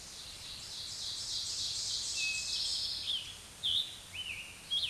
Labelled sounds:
Ovenbird song
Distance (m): 25 m
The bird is about level with the microphone
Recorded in a Pennsylvania forest on 16 May 2024 at 06:32
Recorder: AudioMoth, point MSD-0627
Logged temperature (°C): 14.8 °C
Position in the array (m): 135 m, 6 m

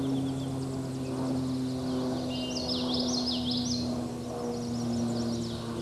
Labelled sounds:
Common Yellowthroat song
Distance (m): 15 m
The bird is about 5 m above the microphone
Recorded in a Pennsylvania forest on 16 May 2024 at 08:06
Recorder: AudioMoth, point MSD-1418
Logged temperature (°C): 16.4 °C
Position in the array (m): 226 m, 181 m

